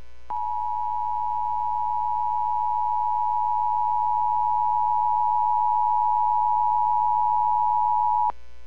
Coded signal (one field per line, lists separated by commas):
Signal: Emergency Alert System (SAME) tones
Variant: 853 and 960 Hz attention tone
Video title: (EAS #14) Guam Required Monthly Test on KGUM. (November 03, 2021)